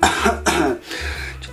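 An adult man coughs twice in quick succession; he has a slight cough.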